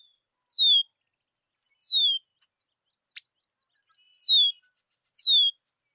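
Red-winged blackbird calls: four high, downward-sliding whistles, two before and two after a single sharp click.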